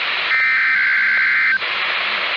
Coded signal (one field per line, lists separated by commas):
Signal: Emergency Alert System (SAME) tones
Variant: header bursts